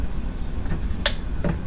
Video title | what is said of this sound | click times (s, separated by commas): C5 Corvette Diamond Clear Adjure Backup Light Kit Installation With LEDs | click into place you can easily | 1.1 s